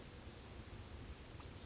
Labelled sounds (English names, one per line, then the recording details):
Oak Titmouse
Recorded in Sonoma County, California